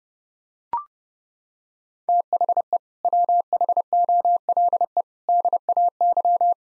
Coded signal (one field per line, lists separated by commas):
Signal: Morse code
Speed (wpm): 32 wpm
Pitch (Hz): 700 Hz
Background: none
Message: THE WHOLE DAY